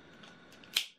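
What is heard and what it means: A plastic cap is pushed back onto an alcohol marker. Faint handling noise comes first, then the cap snaps on with a single sharp, bright click at 0.8 s. The cap clips on fully, all the way.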